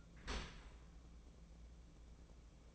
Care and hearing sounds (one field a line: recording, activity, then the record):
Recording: daily activity, microphone in the room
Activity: open dishwasher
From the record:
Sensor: 1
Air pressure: 1012.4 hPa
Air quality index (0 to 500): 171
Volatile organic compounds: 3 ppm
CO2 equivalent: 1396 ppm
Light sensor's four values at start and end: 342/787/347/381 and 343/788/347/382